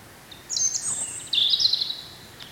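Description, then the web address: European robin singing two short phrases of very high, thin notes against quiet background hiss. "chant xeno-canto rougegorge familier"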